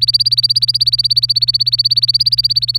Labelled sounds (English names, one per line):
Domestic Canary song